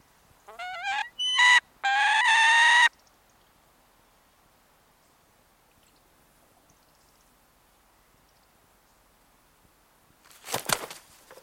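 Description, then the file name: Peregrine falcon giving harsh, rapidly repeated rising notes that run into a longer grating wail for about one second, then quiet, then a brief burst of noise near the end. "bbc peregrine- nhu"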